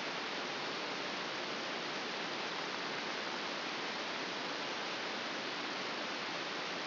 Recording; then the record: brain microelectrode recording played as sound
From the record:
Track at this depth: outside the subthalamic nucleus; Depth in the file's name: 6.201 mm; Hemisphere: right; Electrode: 2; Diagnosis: Parkinson's disease